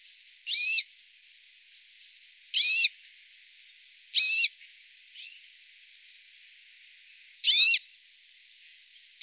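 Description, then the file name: European serin giving sparse, high chirps, four clear notes spaced unevenly, with faint softer notes between them. "verzellino"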